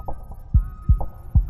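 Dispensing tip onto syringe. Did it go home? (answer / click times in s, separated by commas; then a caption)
no / none. A dispensing tip is pushed onto a flux syringe again, though it normally clicks in. Short taps at 0.1, 0.3 and 1.0 s and deeper thumps around 0.6, 0.9 and 1.4 s sound over a steady hum. The tip has not clicked in yet.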